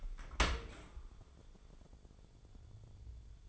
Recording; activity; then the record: daily activity, microphone in the room; open dishwasher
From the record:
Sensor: 5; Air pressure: 1015.0 hPa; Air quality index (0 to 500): 112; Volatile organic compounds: 2 ppm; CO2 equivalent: 1201 ppm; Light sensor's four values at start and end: 35/80/32/32 and 35/80/32/32